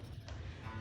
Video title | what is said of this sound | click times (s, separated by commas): Glock Trigger Modification - EASY With This Step By Step Guide | You should hear it snap into place. | 0.3 s